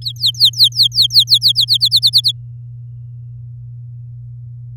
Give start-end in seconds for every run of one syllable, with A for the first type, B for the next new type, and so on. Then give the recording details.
0.02-1.65 A, 1.68-2.32 B. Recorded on 11 May 2018 at 05:37. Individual llb16